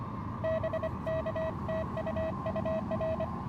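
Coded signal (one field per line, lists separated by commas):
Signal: Morse code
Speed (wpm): 24 wpm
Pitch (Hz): 590 Hz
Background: none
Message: BK TU UR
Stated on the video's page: POTA park activation with challenging propagation, Elecraft KX2 keyed with KXPD2 paddles, homebrew end-fed random wire antenna.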